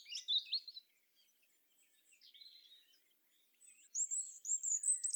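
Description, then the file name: European robin singing short high, sweet warbled phrases separated by pauses of a second or more, ending with a thin, wavering high strophe. "Erithacus rubecula"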